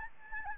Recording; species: mosquito wingbeat signal from an infrared sensor; Aedes albopictus